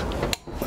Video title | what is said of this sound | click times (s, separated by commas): The "New" Fullstop Gemini Twin Axle Wheel Lock From Purpleline Review | you just tighten that up until you hear the clicks hit a click | 0.3 s